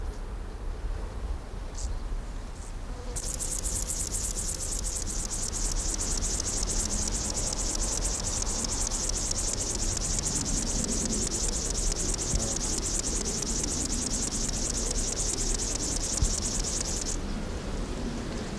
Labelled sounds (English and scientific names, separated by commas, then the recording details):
Upland Field Grasshopper (Chorthippus apricarius) stridulation
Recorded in the wild
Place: Karower Teiche, Naturpark Barnim, Berlin, DE
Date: 1992-09-27 11:25
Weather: sonnig, 17-22°C
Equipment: Marantz CP 430, Sennheiser ME 80, Kopie Tesla B 116
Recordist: Tembrock, Günter